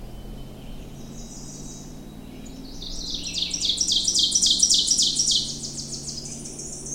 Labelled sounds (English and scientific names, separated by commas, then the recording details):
Ovenbird (Seiurus aurocapilla) song
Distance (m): 15 m
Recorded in boreal forest in Alberta, Canada, on 20 June 2016 at 06:41
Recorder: SongMeter 3, array SBT-6-81
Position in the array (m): 43 m, 303 m
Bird 26